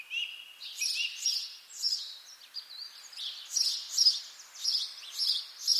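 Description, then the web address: Birdsong, high chirps and trills, with a lower buzzy trill early on and bright whistled phrases throughout. Birds singing in spring. "sonido del canto de los pajaros en primavera"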